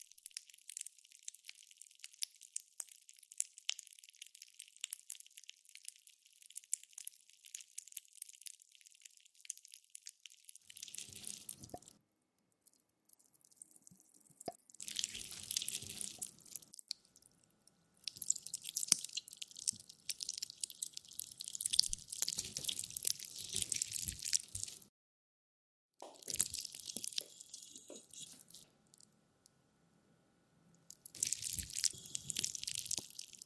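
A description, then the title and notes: Jelly sounds: wet, squishy crackling in bursts, with a soft hiss of small pops during the first ten seconds. After that it turns into louder squelching spells with gaps of silence between them, a faint low rumble under each burst. ASMR Stress Relieving Jelly Sounds For Sleep.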